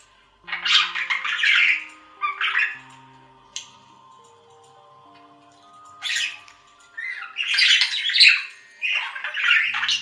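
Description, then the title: Budgerigar chatter: scratchy, buzzy warbled bursts with squawks, broken by short pauses, with faint low hums beneath. "Budgie Sounds"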